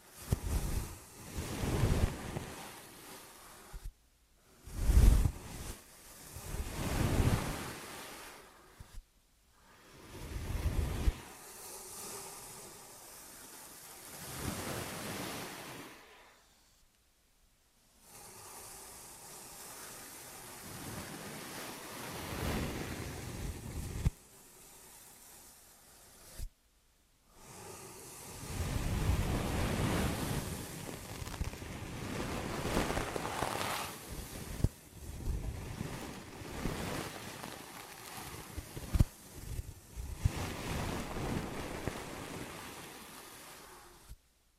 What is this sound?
ASMR Ear & Scalp Massage and Cleaning